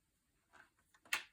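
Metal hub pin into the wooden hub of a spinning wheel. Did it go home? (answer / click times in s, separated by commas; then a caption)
yes / 1.1 s. During a repair of a clunky Ashford Traditional spinning wheel, a metal hub pin is gently tapped in from the top into the wooden wheel hub, kept lined up by a cotter pin left in the bottom. A soft knock comes at about 0.6 s, then a few faint taps, then a sharp, loud snap at 1.1 s as the hub pin seats in place.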